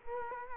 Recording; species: mosquito wingbeat signal from an infrared sensor; Culex quinquefasciatus